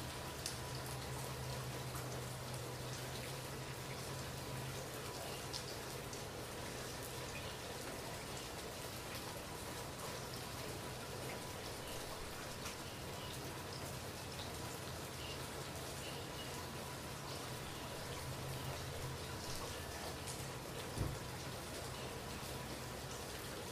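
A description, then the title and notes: Soft rain falls steadily, a dense, even patter of countless small drops across the whole clip. A low hum lingers underneath, and a single sharper tap stands out near the twenty-one second mark. Soft rain fall.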